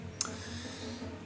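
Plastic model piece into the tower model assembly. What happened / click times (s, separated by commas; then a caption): The plastic piece snapped into place / 0.2 s. A plastic model kit piece for an Eiffel Tower model is pressed into its mating part in the tower assembly. A single sharp, short click sounds at 0.2 s over a low steady background hum, and the piece snaps into place, seated.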